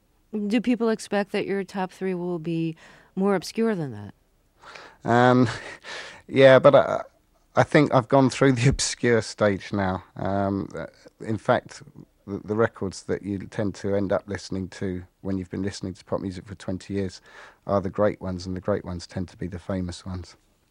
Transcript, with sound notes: do people expect that your top three will be more obscure than that?
(laughs) Yeah, but I think I've gone through the obscure stage now. In fact, the records that you tend to end up listening to when you've been listening to pop music for 20 years are the great ones, and the great ones tend to be the famous ones.